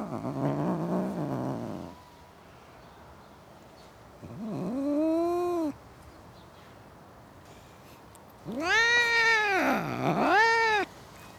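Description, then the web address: Domestic cat yowling: a low, rough wail, a pause, an arched rising-falling howl, then a long double-humped caterwaul that dips in the middle. Cats in a suburban garden. "BBC Sound Effects Library BBC - Cats Cats In A Suburban Garden"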